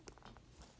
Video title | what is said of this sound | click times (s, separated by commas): Attaching a watch bracelet (Christopher Ward Trident Pro 600) | just hear the clicks whenever this is in place boom so there's the clicks you | 0.1 s